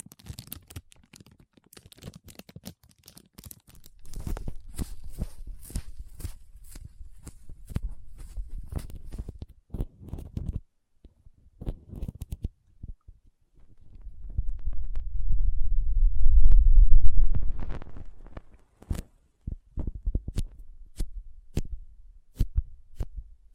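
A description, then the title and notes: Soft, squishy, sticky handling sounds with crinkling and cutting. Sharp clicks and snips are scattered throughout, while two stretches of dense low squelching swell up, around 4 to 10 seconds and more loudly from 14 to 18 seconds, before sparse snaps close it out. Soft Squishy Sticky, Crinkle, Cutting Sounds.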